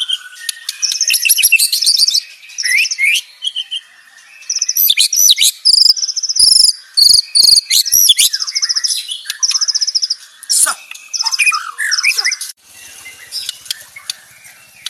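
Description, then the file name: White-rumped shama song: dense bursts of very rapid, high, repeated notes fired in quick volleys, with brief pauses and a few sharper whistled phrases. Banjar type; rapid-fire 'tembakan' song style delivered at tight speed. "Suara tembakan speed rapat Murai batu banjar"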